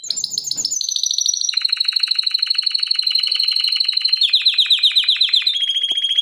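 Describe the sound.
Canary song, high rolling trills that change speed and pitch in sections, rapid repeated notes forming continuous tours throughout.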